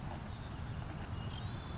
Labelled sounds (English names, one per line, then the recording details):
Savannah Sparrow
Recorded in Sonoma County, California